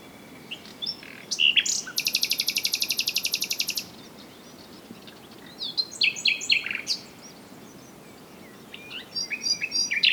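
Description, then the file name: Common nightingale singing varied phrases: scattered chirps, a loud rapid rattle lasting about two seconds, then jumbled twittering bursts separated by short pauses. "Luscinia megarhynchos"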